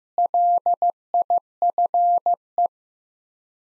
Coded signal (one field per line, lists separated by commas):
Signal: Morse code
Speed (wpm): 15 wpm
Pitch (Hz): 700 Hz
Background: none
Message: LIFE